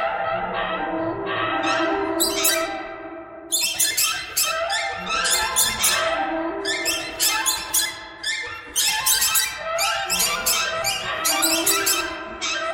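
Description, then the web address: Birds squawking steadily, with many harsh, nasal calls overlapping in irregular bursts throughout. "soundfactory birds"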